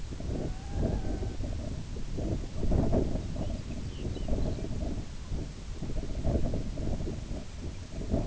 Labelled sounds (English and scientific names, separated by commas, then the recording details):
Red-throated Loon (Gavia stellata), Lapland Longspur (Calcarius lapponicus), unidentified sound
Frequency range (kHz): Red-throated Loon (Gavia stellata) 0.2-2.2 kHz; Lapland Longspur (Calcarius lapponicus) 2.0-5.3 kHz
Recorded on Arctic tundra, site IGLO-B, on 19 June 2018
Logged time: 23:59